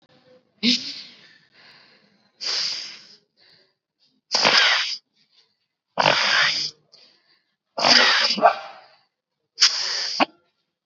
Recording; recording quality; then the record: deep breathing; excellent, no background noise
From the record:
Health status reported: COVID-19 positive, mild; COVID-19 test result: positive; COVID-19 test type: RT-PCR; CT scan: not taken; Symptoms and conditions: cough, fever, fatigue, muscle pain, diabetes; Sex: female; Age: 36 years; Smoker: no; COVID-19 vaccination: both doses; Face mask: worn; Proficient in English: yes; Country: India